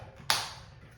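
A plastic decorative cap is pressed onto a plastic toilet bolt at the base of the toilet after the bolt is tightened. It gives a single sharp, bright snap at 0.3 s, which fades quickly against a low background hum. The cap is seated on the bolt.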